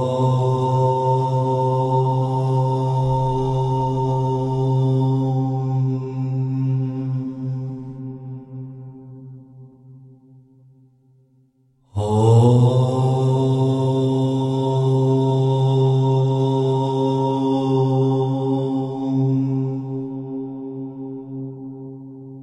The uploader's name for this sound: Om Chant